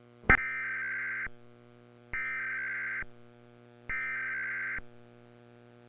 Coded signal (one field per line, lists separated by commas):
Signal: Emergency Alert System (SAME) tones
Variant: header bursts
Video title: EAS Mock - ChrisVision cable screen, National Periodic Test [please tune to channel 15 edition]